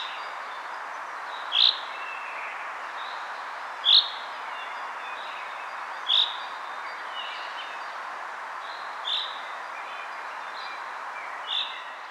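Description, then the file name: Common chaffinch calls: five short, sharp notes repeated every two to three seconds over a steady background hiss. "Fringilla coelebs"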